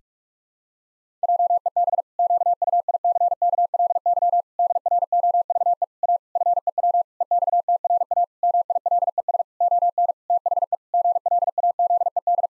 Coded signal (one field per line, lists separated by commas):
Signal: Morse code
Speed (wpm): 46 wpm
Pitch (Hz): 700 Hz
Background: none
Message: JEB QUICKLY DROVE A FEW EXTRA MILES ON THE GLAZED